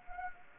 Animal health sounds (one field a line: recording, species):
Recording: mosquito wingbeat signal from an infrared sensor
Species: Anopheles gambiae